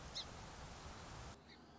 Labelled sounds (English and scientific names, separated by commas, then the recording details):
Song Sparrow (Melospiza melodia)
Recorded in Sonoma County, California